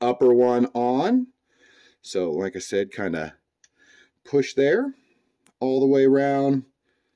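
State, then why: Not seated. The upper piston ring of a Zeda two-stroke bicycle engine is worked by hand around the aluminium piston into its groove while someone talks, with a faint brief tick near 3.6 seconds. The clip ends before the ring snaps home, so nothing has seated yet.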